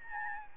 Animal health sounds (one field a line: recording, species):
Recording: mosquito wingbeat signal from an infrared sensor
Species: Aedes albopictus